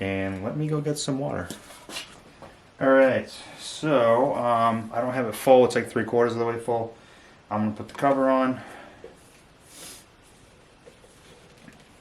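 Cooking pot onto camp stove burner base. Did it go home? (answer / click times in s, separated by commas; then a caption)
no / none. Someone talks while handling a cooking pot filled about three-quarters with water, putting the cover on before it is fitted onto a camp stove burner base, where it twists until it locks. After the talking, only faint, soft handling sounds follow. Nothing has seated or clicked into place yet.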